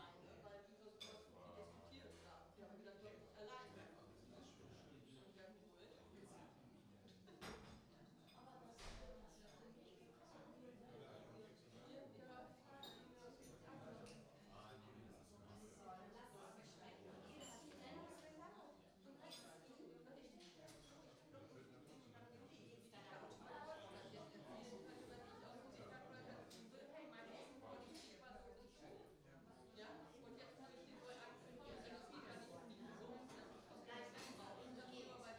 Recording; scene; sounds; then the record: everyday scene through a hearing-aid microphone; many people talking; many voices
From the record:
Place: parish hall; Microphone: in the ear canal, right